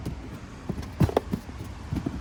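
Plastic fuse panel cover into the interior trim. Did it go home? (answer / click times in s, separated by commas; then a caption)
yes / 1.2 s. A second plastic fuse panel cover on a 2005–2012 Nissan Pathfinder is lined up and pushed shut into the interior trim. After some soft handling noises, one sharp click sounds at 1.2 s, followed by a fainter tap at 1.3 s. The cover is seated and closed.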